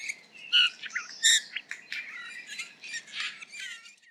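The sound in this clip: Eurasian bullfinch calls: a busy run of short squeaky, creaky notes and thin whistles, with two louder squeaks near the start, then softer chattering.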